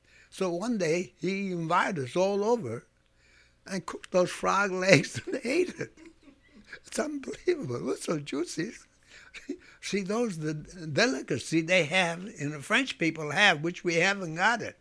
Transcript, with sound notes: So one day he invited us all over, and cooked those frog legs and ate it. ( he laughs ) It's unbelievable. It was so juicy. See, those are the delicacy they have, and the French people have, which we haven't got it,